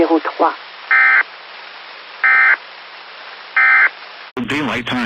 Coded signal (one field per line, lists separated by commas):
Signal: Emergency Alert System (SAME) tones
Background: speech